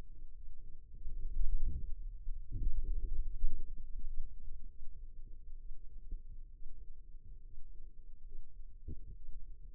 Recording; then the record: forearm muscle sounds (acoustic myography)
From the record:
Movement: radial deviation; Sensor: system 2, bracelet of six BSWA MPA416 microphones around the upper forearm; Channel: 6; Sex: female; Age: 22 years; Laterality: right